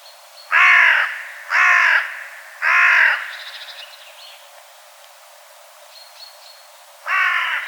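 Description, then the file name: Carrion crow cawing, four harsh, rasping caws, three in quick succession within three seconds, then a pause before a fourth; faint chatter between. "Corvus corone"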